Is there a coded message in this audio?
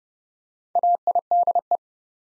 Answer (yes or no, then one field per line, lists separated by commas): yes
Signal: Morse code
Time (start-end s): 0.8-1.8 s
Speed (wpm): 30 wpm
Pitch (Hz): 700 Hz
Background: none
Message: AIDE